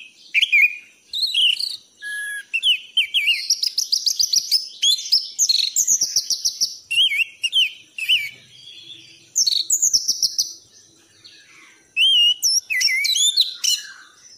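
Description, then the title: Thrush song, a long varied run of rich whistled and trilled phrases and rapid warbles with brief pauses between bursts. Training song for cage birds; lively, continuous singing. "anis gacor teler"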